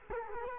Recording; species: mosquito wingbeat signal from an infrared sensor; Culex quinquefasciatus